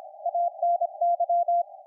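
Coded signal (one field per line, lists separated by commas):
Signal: Morse code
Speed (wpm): 27 wpm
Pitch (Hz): 690 Hz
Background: none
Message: ANY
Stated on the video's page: 80m CW contact received on SDRplay RSP1-A with SDRuno; transmitter ICOM IC-718 100W; 80/40m fan dipole 20 feet up.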